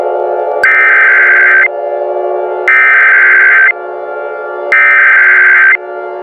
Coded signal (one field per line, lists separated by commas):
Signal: Emergency Alert System (SAME) tones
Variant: header bursts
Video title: EAS Scenario - CaseOh's Rampage (Part 1) (Remastered) (Season 1, Episode 1)